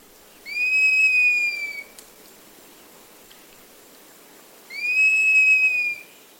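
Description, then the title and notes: Cinereous Mourner whistles, two clear drawn-out notes, each rising slightly then level, about four seconds apart, over quiet background. Lives in the forest understory of the Amazon Basin; small ashy-gray bird. "The Cinereous Mourner is a small, ashy-gray bird that lives in the forest understory of the Amazon Basin."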